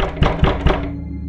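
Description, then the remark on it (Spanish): Three light, evenly spaced knocks on a wooden library door, each a dull thud with a brief ring, over a soft, steady sustained tone that lingers after the last knock. “Entonces sonó un ligero golpe en la puerta de la biblioteca.”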